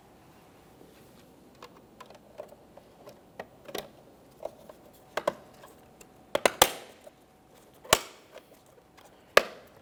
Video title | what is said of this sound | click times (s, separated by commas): How to Replace Mirror Caps 2015-2019 Subaru Outback | Just listen for an audible click all the way around. | 5.3 s, 6.3 s, 6.5 s, 6.6 s, 7.9 s, 9.4 s